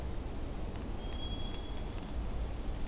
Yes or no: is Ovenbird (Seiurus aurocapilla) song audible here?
no